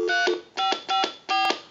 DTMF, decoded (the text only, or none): 3554